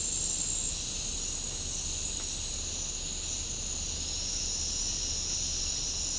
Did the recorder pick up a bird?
no